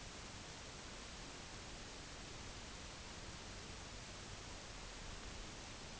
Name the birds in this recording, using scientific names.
none